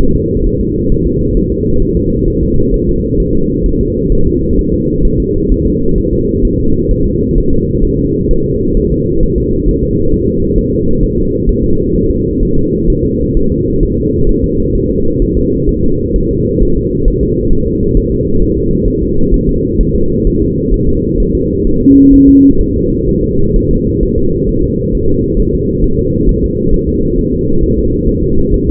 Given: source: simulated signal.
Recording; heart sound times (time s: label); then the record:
fetal heart sounds
0.01 s: S1
0.16 s: S2
0.47 s: S1
0.61 s: S2
0.92 s: S1
1.07 s: S2
1.37 s: S1
1.52 s: S2
1.82 s: S1
1.97 s: S2
2.28 s: S1
2.43 s: S2
2.74 s: S1
2.89 s: S2
3.20 s: S1
3.35 s: S2
3.66 s: S1
3.81 s: S2
4.12 s: S1
4.27 s: S2
4.59 s: S1
4.73 s: S2
5.05 s: S1
5.20 s: S2
5.52 s: S1
5.66 s: S2
5.98 s: S1
6.13 s: S2
6.45 s: S1
6.60 s: S2
6.91 s: S1
7.06 s: S2
7.38 s: S1
7.53 s: S2
7.84 s: S1
7.99 s: S2
8.31 s: S1
8.46 s: S2
8.77 s: S1
8.92 s: S2
9.23 s: S1
9.38 s: S2
9.69 s: S1
9.83 s: S2
10.14 s: S1
10.28 s: S2
10.58 s: S1
10.73 s: S2
11.03 s: S1
11.18 s: S2
11.49 s: S1
11.64 s: S2
11.96 s: S1
12.10 s: S2
12.43 s: S1
12.58 s: S2
12.90 s: S1
13.05 s: S2
13.37 s: S1
13.52 s: S2
13.83 s: S1
13.98 s: S2
14.29 s: S1
14.44 s: S2
14.75 s: S1
14.90 s: S2
15.22 s: S1
15.37 s: S2
15.69 s: S1
15.84 s: S2
16.16 s: S1
16.31 s: S2
16.63 s: S1
16.77 s: S2
17.08 s: S1
17.23 s: S2
17.53 s: S1
17.67 s: S2
17.97 s: S1
18.12 s: S2
18.42 s: S1
18.57 s: S2
18.88 s: S1
19.03 s: S2
19.34 s: S1
19.49 s: S2
19.81 s: S1
19.95 s: S2
20.27 s: S1
20.42 s: S2
20.74 s: S1
20.89 s: S2
21.20 s: S1
21.35 s: S2
21.67 s: S1
21.82 s: S2
22.14 s: S1
22.28 s: S2
22.61 s: S1
22.76 s: S2
23.09 s: S1
23.24 s: S2
23.56 s: S1
23.71 s: S2
24.03 s: S1
24.18 s: S2
24.49 s: S1
24.64 s: S2
24.95 s: S1
25.09 s: S2
25.39 s: S1
25.54 s: S2
25.84 s: S1
25.99 s: S2
26.29 s: S1
26.44 s: S2
26.74 s: S1
26.88 s: S2
27.19 s: S1
27.33 s: S2
27.63 s: S1
27.78 s: S2
28.09 s: S1
28.23 s: S2
28.54 s: S1
28.69 s: S2
From the record:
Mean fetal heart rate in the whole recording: 130 bpm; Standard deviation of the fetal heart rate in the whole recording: 4 bpm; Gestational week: 38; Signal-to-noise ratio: -16.4 dB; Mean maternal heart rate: 72 bpm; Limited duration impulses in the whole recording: present